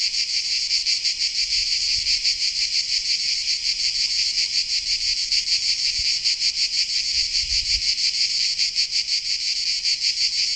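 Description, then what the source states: Cicadas droning in a steady shrill buzz, rapidly pulsing without pause. Recorded in Sardinia.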